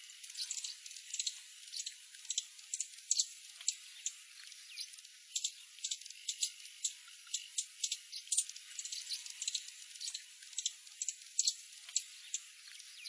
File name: Canto do chifre de ouro